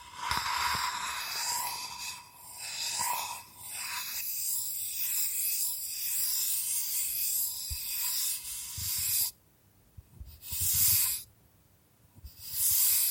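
Bamboo being brushed and scratched in hissing, airy strokes, with faint tapping underneath, the sound dropping out twice near the end.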